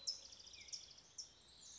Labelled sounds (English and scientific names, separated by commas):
California Towhee (Melozone crissalis)